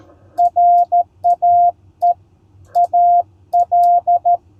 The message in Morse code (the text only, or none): RAE AL